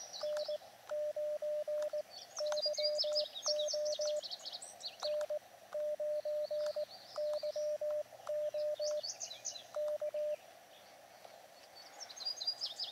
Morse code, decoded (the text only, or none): N9YO N9YO K